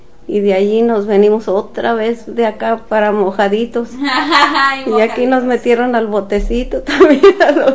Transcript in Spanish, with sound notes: y de allí nos venimos otra vez de acá para mojaditos. (risas)
¡Ay, mojaditos!
Y aquí nos metieron al botecito también a nosotros.